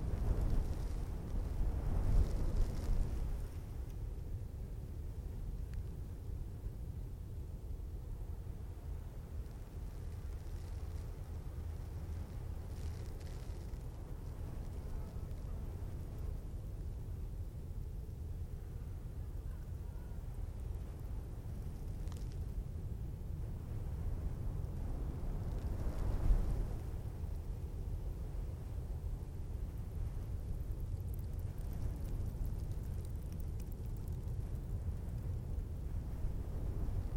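Moderate wind blows soft sand across a hard sand crust on a Namib dune. A steady, dense low rumble runs throughout, with a faint thin hiss above it. Stronger gusts swell briefly near the start and again around twenty-six seconds.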